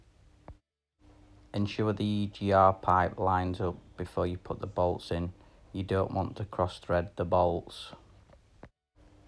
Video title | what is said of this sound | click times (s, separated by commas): This is why Your CRDI Engine Light is on! See how to properly fix you Kia Sportage! | you can see here and then it will just snap into place | 0.5 s